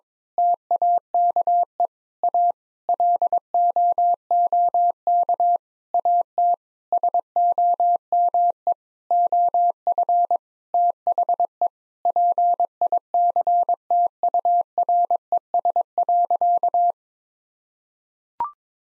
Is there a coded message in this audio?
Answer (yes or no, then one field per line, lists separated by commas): yes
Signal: Morse code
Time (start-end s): 0.4-16.9 s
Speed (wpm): 22 wpm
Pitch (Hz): 700 Hz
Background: none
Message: TAKE A LOOK AT SOME OF THE PICTURES.